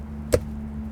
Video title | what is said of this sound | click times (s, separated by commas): BEST E90 UPGRADE FOR UNDER $100! - IMPROVED LOOK & FEEL | little click and we're in there | 0.3 s